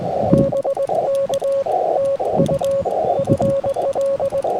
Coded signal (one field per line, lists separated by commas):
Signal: Morse code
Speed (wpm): 20 wpm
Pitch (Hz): 1100 Hz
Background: radio noise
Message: BK TU FL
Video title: Dummy accidentally uses dummy load for POTA! #cw #parksontheair #hamradio #qrp